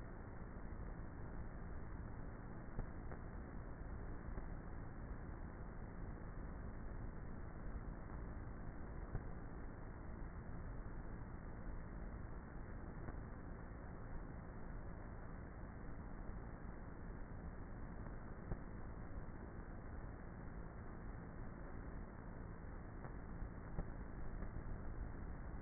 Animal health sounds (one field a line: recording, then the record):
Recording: honeybee colony, microphone inside the hive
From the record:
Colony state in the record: queenless with a low population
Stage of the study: before two queens were removed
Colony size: about 30,000 bees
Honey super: no